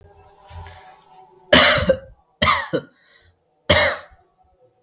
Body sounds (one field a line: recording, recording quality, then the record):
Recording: shallow voluntary cough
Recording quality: excellent, no background noise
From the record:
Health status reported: healthy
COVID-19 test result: not tested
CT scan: not taken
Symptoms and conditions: none ticked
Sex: male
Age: 23 years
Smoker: no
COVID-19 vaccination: both doses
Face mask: not worn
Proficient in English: yes